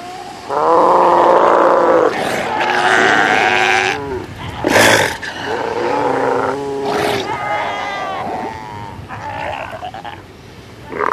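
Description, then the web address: South American sea lion calls: loud, wavering bleats and harsh roars in bouts, quieter toward the end. "earth naturelibrary assets s so south american sea lion"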